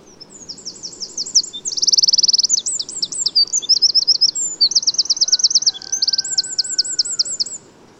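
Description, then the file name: Eurasian wren singing a loud, high-pitched torrent of twittering phrases and rattling trills for about seven seconds; a faint lower drawn-out whistle shows near the end. "Troglodytes troglodytes"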